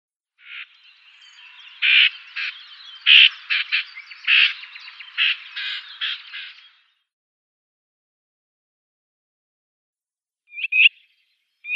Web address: Schulze Peter Whitethroat calls